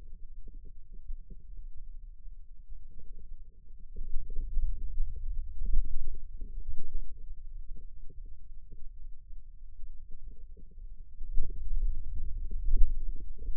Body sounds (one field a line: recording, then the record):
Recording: forearm muscle sounds (acoustic myography)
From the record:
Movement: wrist extension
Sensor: system 2, bracelet of six BSWA MPA416 microphones around the upper forearm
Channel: 6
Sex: male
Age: 22 years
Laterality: right